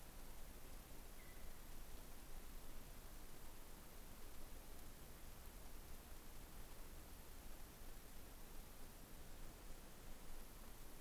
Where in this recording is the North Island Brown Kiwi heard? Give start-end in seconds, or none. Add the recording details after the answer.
none. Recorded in New Zealand on 11 December 2011. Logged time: 00:43. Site DD66